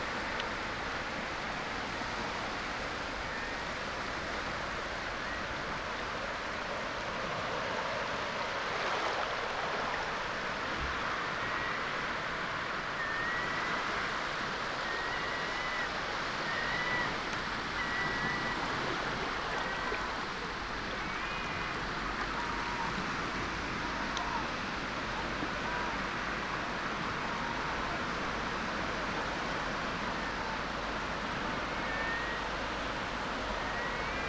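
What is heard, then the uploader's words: Waves wash over a wide open beach in a steady, dense hiss that barely changes, with faint thin chirps occasionally rising above it. Waves of the intertidal zone. This wide open beach, is white noise solitude. This sound photograph of Tenby beach is first try of something new for Lento. We recorded it dynamically, as we walked, in one unbroken 30 minute take.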